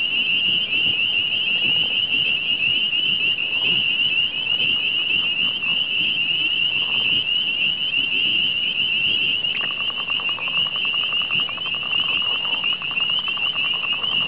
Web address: mixed peepers